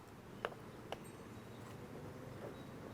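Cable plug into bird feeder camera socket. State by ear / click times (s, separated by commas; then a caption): not seated / none. A cable plug is handled at the socket on the back of a bird feeder camera unit. Two short, sharp ticks are heard at about 0.5 and 0.9 seconds over a low, steady background. The plug has not seated or clicked home yet.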